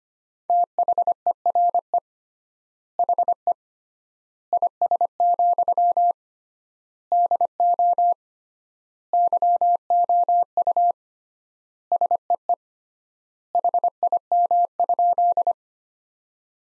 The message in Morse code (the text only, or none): THERE HE IS, DO YOU SEE HIM?